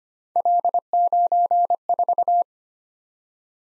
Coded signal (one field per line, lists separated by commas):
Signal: Morse code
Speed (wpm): 25 wpm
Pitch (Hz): 700 Hz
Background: none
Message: L94